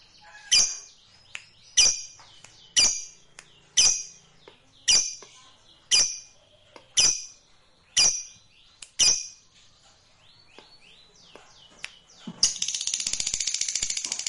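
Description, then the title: Lovebird giving sharp high chirps about once a second, then breaking into a fast buzzy chattering trill for the last two seconds. Fighter lovebird, the closing trill being ngekek. "Begitu Dengar Suara Lovebird FIGHTER NGEKEK PANJANG"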